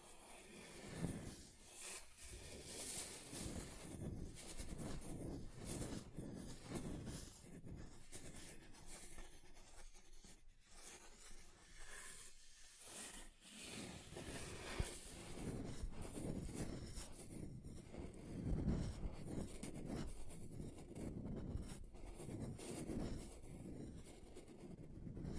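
Something scrapes and scratches across a table's surface continuously for the whole stretch, a dense, rough rasp with no real pauses. The texture shifts now and then, grainier or smoother, with brief dips near 2, 10 and 13 seconds and slightly louder passages later.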